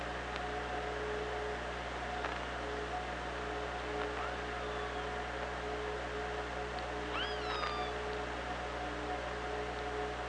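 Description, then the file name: Killer whale calls, a cluster of rising and falling harmonic squeals near the end, over constant low electrical hum and underwater hiss. OrcaLab hydrophone, 24 August 2017, 16:30. "Orca Lab 20170824 163009"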